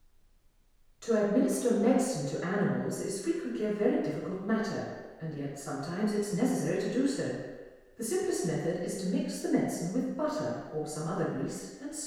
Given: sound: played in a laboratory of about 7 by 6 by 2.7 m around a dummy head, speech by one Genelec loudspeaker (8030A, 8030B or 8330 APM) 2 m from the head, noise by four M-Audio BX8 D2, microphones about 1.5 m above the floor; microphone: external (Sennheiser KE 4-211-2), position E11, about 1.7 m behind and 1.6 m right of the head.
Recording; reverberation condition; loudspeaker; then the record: female speech in English; high; in front (0 degrees)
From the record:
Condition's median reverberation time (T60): about 1300 ms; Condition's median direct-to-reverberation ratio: about -4.0 dB